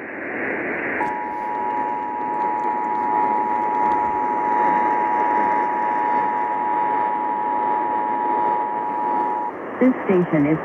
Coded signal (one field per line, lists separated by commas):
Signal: Emergency Alert System (SAME) tones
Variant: 853 and 960 Hz attention tone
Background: speech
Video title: Illinois RMT on WMVP-AM (12/8/20) (EAS 4242)